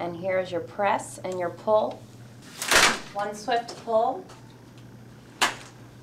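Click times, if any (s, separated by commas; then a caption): 5.4 s. Someone talks while a folding stroller frame is pulled closed in one swift pull, with a rustling broadband swish near 2.6 s. At 5.4 s a sharp snap rings out as the stroller's fold lock engages, meaning the frame is locked.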